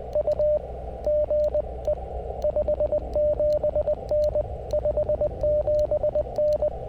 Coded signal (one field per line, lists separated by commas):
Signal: Morse code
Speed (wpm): 19 wpm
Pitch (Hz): 600 Hz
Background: radio noise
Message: U GE 57N 57N